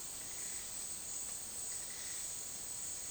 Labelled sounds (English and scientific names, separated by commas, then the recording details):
none
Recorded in dense forest near Puerto Asís, Putumayo, Colombia, on 18 February 2024 at 11:30
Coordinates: 0.466, -76.327
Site G6413